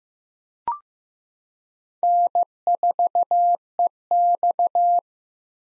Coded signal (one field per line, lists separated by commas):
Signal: Morse code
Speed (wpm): 15 wpm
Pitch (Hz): 700 Hz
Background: none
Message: N4EX